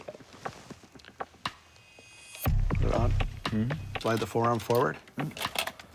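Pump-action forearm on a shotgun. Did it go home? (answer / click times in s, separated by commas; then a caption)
no / none. With an authorizing ring put on, the pump-action forearm of a smart shotgun is handled to be slid forward while someone talks. A few faint, sharp taps and handling sounds are heard around the speech. Nothing has seated or clicked into place yet.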